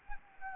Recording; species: mosquito wingbeat signal from an infrared sensor; Anopheles arabiensis